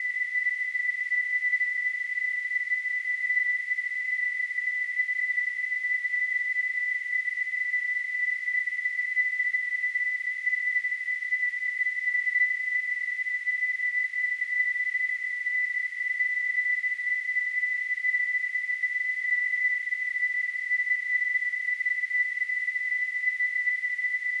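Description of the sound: A steady, high-pitched whistling tone sits over a faint hiss, unchanging in pitch and loudness for about 24 seconds with no pauses. This is a simulation of tinnitus, the ringing or whistling some people hear in their ears with no outside source.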